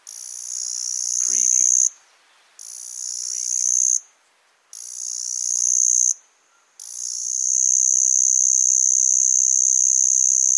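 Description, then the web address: Cicada buzzing in several repeated bursts, each swelling louder and separated by short gaps, ending in a long continuous drone. Single cicada. "the sound pack tree. single cicada chirp"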